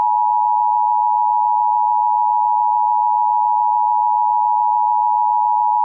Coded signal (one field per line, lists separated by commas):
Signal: Emergency Alert System (SAME) tones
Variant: 853 and 960 Hz attention tone